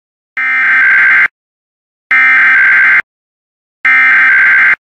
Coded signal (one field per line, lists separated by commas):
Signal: Emergency Alert System (SAME) tones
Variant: header bursts